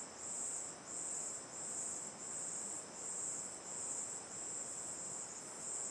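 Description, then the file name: Cicadas and crickets trilling in a high, shimmering chorus, rhythmic surges under a second apart, backed by a continuous river rush. Night ambience looking toward the mouth of Terra Ronca 1 cave; chorus of cicadas and crickets, river on the left; AB stereo recording. "Ambiencia olhando para boca da caverna terra ronca 1 a noite, coro de cigarras e grilos, rio a esquerda, gravacao em ab"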